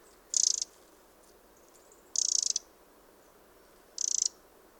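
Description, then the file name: Eurasian wren calls: three brief, scratchy, high-pitched rattles spaced nearly two seconds apart, otherwise quiet. "Troglodytes troglodytes"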